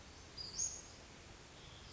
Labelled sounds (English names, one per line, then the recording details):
Western Flycatcher
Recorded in Sonoma County, California